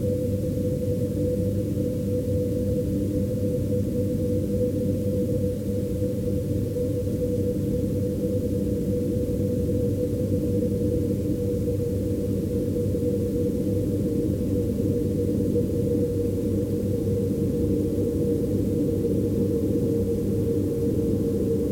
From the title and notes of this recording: A field recording of our dehumidifier passed through several filters: FabFilter Volcano 3, AudioThing FilterJam and Felt Instruments Rysy.